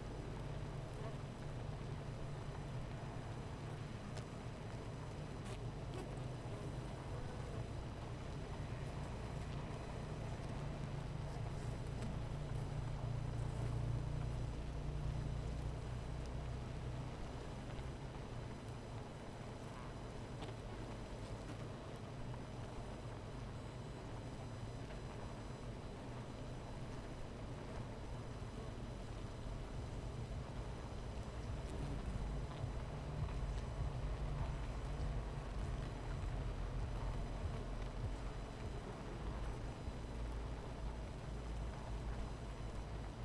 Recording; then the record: honeybee colony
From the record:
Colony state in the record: missing queen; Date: 14 July 2017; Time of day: 17:50